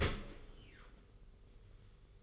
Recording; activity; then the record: daily activity, microphone in the room; open dishwasher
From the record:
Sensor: 4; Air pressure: 991.3 hPa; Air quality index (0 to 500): 155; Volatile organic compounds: 112 ppm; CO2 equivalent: 3828 ppm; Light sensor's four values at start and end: 22/72/27/27 and 22/72/27/27